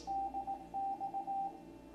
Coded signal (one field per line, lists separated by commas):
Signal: Morse code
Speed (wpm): 18 wpm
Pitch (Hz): 790 Hz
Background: radio noise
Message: DX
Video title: Van Pelt - the C128 and Ham Radio - CLASS 2023